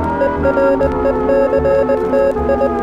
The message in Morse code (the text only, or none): ERECTI